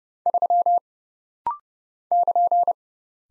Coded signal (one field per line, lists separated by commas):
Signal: Morse code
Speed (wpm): 29 wpm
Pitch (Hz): 700 Hz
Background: none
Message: 3 <KN>